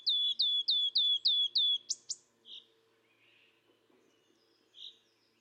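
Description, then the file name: Wood warbler giving a series of six clear, down-slurred whistled notes at an even pace, followed by two sharp high notes and a few soft chirps. "Mathias Ritschard - Penochka-trecshotka Phylloscopus sibilatrix"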